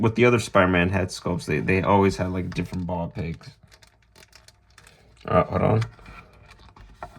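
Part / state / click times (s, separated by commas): action figure head onto neck ball peg / not seated / none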